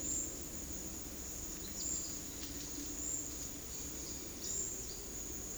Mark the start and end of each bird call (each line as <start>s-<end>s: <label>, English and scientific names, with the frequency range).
1.61s-5.57s: Palm Tanager (Thraupis palmarum) (2.8-6.3 kHz)